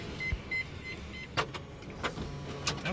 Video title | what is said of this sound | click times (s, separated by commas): Toyota Isis 2.0 Platana 2WD CVT 2005 [AM10] In Depth Review Indonesia | Oke. Sekarang sudah terkunci. | 2.7 s